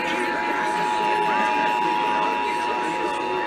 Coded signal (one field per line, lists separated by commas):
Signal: Emergency Alert System (SAME) tones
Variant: 853 and 960 Hz attention tone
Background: speech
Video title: Los Angeles Required Monthly Tests (EAS #2648-2679) 9/29/20